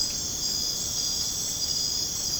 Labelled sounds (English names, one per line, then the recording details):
none
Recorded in dense forest near Puerto Asís, Putumayo, Colombia, on 30 June 2025 at 20:00
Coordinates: 0.486, -76.317
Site G065